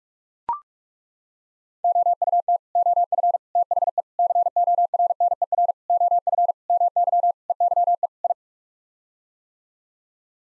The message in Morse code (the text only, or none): OUT OF THE CORNER OF MY EYE I